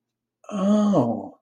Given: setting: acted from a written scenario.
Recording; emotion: vocal sound without words; realization